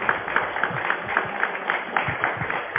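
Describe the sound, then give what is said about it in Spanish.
A crowd applauds the Fuerza Guerrilla de la Juventud in a steady, dense wash of clapping, with faint rhythmic accents pulsing through it at a regular beat for the whole stretch. “Bueno, mis hermanos, un fuerte aplauso a la Fuerza Guerrilla de la Juventud.”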